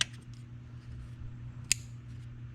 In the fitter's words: Hear that nice click?